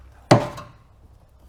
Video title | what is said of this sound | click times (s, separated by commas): КАК УСТРАНИТЬ СКРИП ЗАДНИХ КОЛОДОК НА РЕНО ДАСТЕР, КАПТУР, АРКАНА, ТЕРРАНО И КАКИЕ КОЛОДКИ СТАВИТЬ | он зафиксировался и сидит здесь достаточно надежно. | 0.3 s